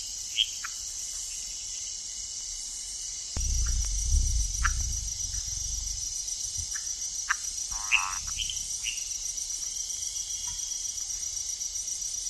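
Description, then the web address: Tiger-striped leaf frog calls: short chirping notes at irregular intervals, a stacked harmonic burst near eight seconds, over a steady high insect drone and a brief low rumble. Recorded in the Ecuadorian Amazon. "Natures Songs S America Frogs of Ecuadorian Amazon Phyllomedusa tomopterna"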